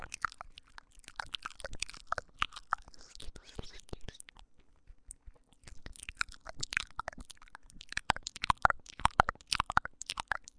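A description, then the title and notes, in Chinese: Mouth sounds in binaural style: dense wet clicks, smacks and soft crunchy pops tumble in quick irregular bursts. A near-silent pause falls around four to five seconds, then the sticky clicking returns, busier and louder toward the end, with a faint steady low hum underneath. 3D纯享口腔音（asmr助眠舔耳）。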